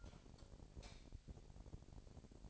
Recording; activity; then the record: daily activity, microphone in the room; light off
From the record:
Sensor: 5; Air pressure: 1012.0 hPa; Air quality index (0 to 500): 248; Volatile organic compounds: 4 ppm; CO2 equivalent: 1670 ppm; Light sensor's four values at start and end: 40/94/39/41 and 38/89/37/39